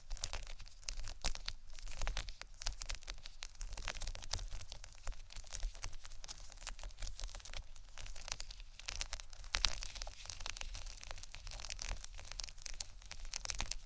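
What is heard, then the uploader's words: Scratching runs continuously for the whole clip as a dense, dry, crackling rasp made of many quick strokes, bright and hissy up top. A steady low rumble sits underneath, and the level stays fairly even, with slight swells near the middle and end. ASMR Scratching Only（No Talking）.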